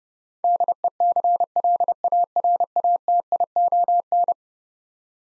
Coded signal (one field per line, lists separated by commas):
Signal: Morse code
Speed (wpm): 29 wpm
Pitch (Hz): 700 Hz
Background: none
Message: DECLARATION